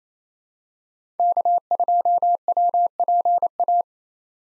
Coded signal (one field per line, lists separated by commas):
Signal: Morse code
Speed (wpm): 28 wpm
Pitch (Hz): 700 Hz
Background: none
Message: K2WPA